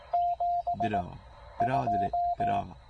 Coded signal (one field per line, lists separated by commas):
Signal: Morse code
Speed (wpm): 18 wpm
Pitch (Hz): 690 Hz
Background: speech, radio noise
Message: 7 2